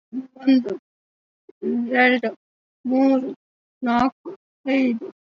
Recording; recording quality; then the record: counting at a fast pace; poor, much background noise or distortion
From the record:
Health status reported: COVID-19 positive, mild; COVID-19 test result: positive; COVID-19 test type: RT-PCR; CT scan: not taken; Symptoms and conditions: cough, sore throat, fever, fatigue, hypertension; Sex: female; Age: 50 years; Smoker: no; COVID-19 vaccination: one dose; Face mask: worn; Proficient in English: no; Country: India